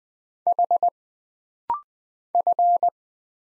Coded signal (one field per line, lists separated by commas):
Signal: Morse code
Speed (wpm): 20 wpm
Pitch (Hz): 700 Hz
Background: none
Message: H F